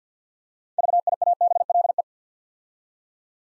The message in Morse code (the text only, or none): VIABLE